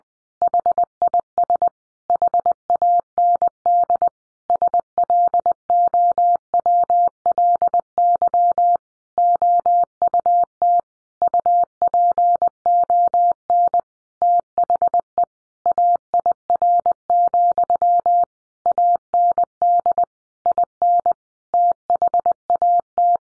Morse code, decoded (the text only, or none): HIS HAND SLOWLY OUT UPON THE AIR, AND IN THAT